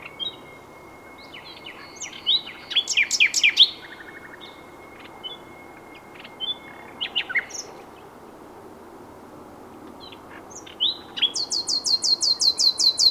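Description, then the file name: Common nightingale song: a burst of rich, chattering notes, scattered chirps after a pause, then a fast, high, repeated trill to the end. "Luscinia megarhynchos"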